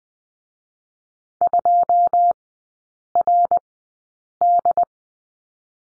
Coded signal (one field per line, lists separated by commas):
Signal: Morse code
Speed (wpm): 20 wpm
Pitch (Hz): 700 Hz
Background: none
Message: 2RD